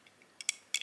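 A removable plastic hood is pressed onto the body of a Majorette die-cast Nissan Skyline toy car, making a few small, sharp plastic clicks, with the clearest at 0.5 s and 0.7 s. The hood is not fully seated after these clicks.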